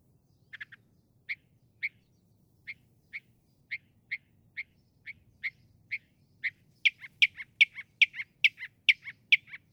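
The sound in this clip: Northern mockingbird song: evenly spaced single notes, about two a second, building into a faster, louder run of sharp, varied chirps.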